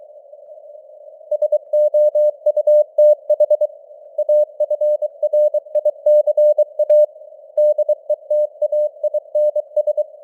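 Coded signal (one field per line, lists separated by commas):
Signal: Morse code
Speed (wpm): 23 wpm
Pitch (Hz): 600 Hz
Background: none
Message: SOUTH AFRICA DETAINS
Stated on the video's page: Morse news headlines at 23 wpm with simulated radio noise and varying signal strength (QSB).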